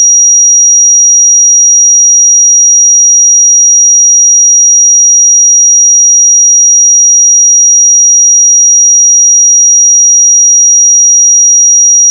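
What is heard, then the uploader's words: A pure sine tone at 5739 Hz sounds steadily from start to finish, thin and piercingly high. Its pitch and loudness never change, and there is nothing else underneath it, no background noise and no other sounds. 5739 Hz 1 Hz Interval Sine Pure Tone Frequency 441000 Sample Mono.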